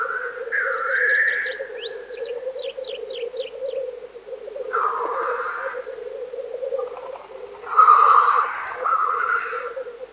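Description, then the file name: Black grouse give a steady bubbling coo beneath repeated harsh hissing sneezes, with quick high chirps from another bird near the start. "teterev"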